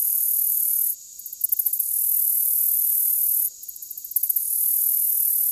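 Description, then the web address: Black-legged meadow katydid song: a steady high-pitched buzz, twice broken by a pause and a quick run of ticking before the buzz resumes. North America. "Songs of Insects. Black-legged Meadow Katydid"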